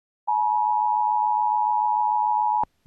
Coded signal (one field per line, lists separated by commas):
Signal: Emergency Alert System (SAME) tones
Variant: 853 and 960 Hz attention tone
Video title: EAS- Missouri Statewide Required Monthly Test (RMT) On WJON GWES Stream and KSLZ-FM